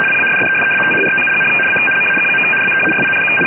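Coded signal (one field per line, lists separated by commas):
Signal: RTTY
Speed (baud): 75 baud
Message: PASSED THROUGH A MAG. BEARING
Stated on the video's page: NATO STANAG 4481 FSK transmission with KG-84 encryption, received via SDR#.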